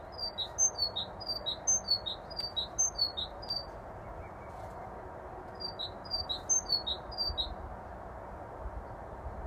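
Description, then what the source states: Great tit song, a bright two-note whistled phrase repeated rapidly in two bursts of several phrases each, the second shorter, over a steady low background rumble. Bold male singing right outside a library window.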